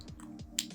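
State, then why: Seated. A cap is pushed back onto the neck of a 100 ml Lattafa Pride Pisa eau de parfum bottle after its base has been shown. A few faint taps and handling noises lead up to one sharp, bright click at 0.6 s, and the cap is seated on the bottle.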